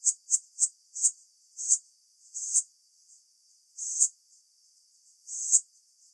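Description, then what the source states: Cicada (Cicada sibillae): cicada song: a quick run of short buzzy pulses that grow longer and slower, ending in separate drawn-out buzzes about every one and a half seconds, with nothing else heard. Recorded at Pontremoli; played with the frequency reduced by 50 percent.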